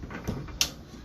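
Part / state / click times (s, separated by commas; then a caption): bifold door latch into its catch / seated / 0.6 s. The bifold privacy door in a 2021 Thor Chateau 31B RV is swung closed and its latch is pushed into its catch, with a softer low knock around 0.3 s. A sharp, bright click at 0.6 s marks the latch seating, and the door is locked.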